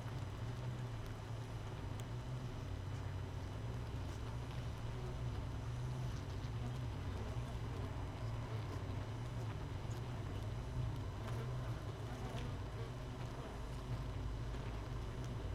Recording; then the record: honeybee colony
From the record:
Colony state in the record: missing queen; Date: 31 May 2018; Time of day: 5:20